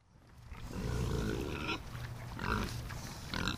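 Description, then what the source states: Gloucestershire Old Spot pigs grunting, low rough grunts in three bursts over a few seconds. Gloucestershire Old Spot pigs kept on Virtue Cider's farm land to eat fallen apples.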